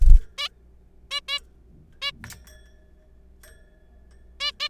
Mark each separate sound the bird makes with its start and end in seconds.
0.38-0.48, 1.11-1.20, 1.28-1.38, 2.02-2.11, 4.40-4.51, 4.60-4.68